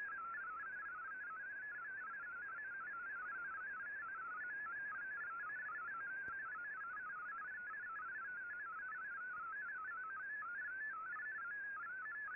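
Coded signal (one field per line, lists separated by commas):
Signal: multi-tone FSK (Olivia or MFSK type)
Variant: MFSK32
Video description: Here is my decode of the Shortwave Radiogram broadcast today on 15770Khz shortwave radio at 1300UTC in MFSK32 and 64 with 9 SSTV images.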